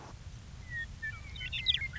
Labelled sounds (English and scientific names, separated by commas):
Western Meadowlark (Sturnella neglecta)